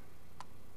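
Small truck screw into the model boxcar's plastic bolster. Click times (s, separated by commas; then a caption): 0.4 s. A small truck screw is turned backwards into the plastic bolster of an Athearn Blue Box HO model boxcar while its trucks are reinstalled, a method used to avoid cross-threading. Against a quiet background, a single brief, slight click at 0.4 s marks the thread dropping into its starting point. The screw's thread is engaged at its proper start.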